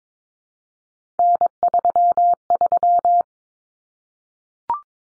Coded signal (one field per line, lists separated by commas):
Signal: Morse code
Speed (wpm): 22 wpm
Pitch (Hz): 700 Hz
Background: none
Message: N33